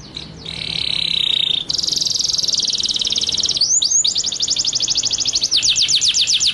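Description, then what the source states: White-rumped shama song: a sustained high trill, then rapid rolling repeated notes and sweeping whistles, fast and continuous throughout. Masteran (training track) of white-rumped shama in full rolling and shooting song style (ngerol nembak).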